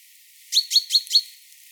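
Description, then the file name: Great tit call: one quick burst of four bright, clipped notes, each with a short ringing tone, against a faint hiss. "Parus major"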